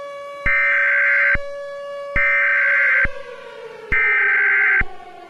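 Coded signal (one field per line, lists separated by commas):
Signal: Emergency Alert System (SAME) tones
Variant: header bursts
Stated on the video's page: Fictional mock scenario about an asteroid impact; contains valid tones.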